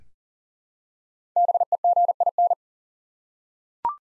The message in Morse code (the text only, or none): BEGIN